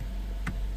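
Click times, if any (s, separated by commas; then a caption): none. A locking connector or clip on a car is handled after its locking part has been pulled upward so the piece can enter, with a low steady background and one brief, sharp tick near 0.5 seconds. Nothing has seated or clicked into place yet.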